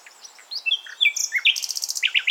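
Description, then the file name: Common nightingale song fragment: quick varied whistles and chirps that break into a fast, rhythmic series of repeated notes. "Luscinia megarhynchos"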